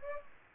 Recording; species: mosquito wingbeat signal from an infrared sensor; Aedes aegypti